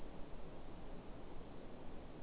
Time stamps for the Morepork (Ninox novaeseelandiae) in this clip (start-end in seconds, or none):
none